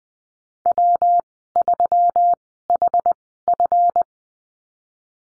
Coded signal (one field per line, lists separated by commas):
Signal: Morse code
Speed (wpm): 20 wpm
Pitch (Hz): 700 Hz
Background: none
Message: W3HF